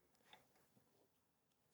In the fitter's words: Et ça se clipse nickel.